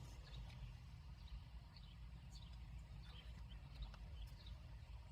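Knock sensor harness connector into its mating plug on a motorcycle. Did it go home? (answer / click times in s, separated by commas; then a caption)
no / none. The plastic knock sensor harness connector on a 2008 Super Glide motorcycle is handled and pushed toward its mating plug after the knock sensor has been replaced. A steady low rumble fills the clip, with faint light handling ticks near 1.8, 3.8 and 3.9 seconds. The connector has not clicked home yet; nothing has seated.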